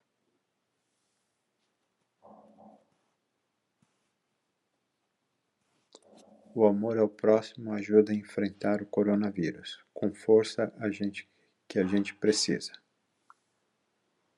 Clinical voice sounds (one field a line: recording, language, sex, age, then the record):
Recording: spoken sentence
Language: Brazilian Portuguese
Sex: male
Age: 50 to 59 years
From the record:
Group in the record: control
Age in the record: 59 years